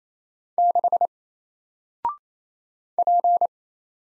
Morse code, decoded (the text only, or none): 6 P